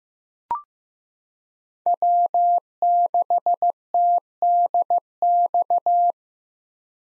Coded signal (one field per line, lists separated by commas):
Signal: Morse code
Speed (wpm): 15 wpm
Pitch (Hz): 700 Hz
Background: none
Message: W6TDX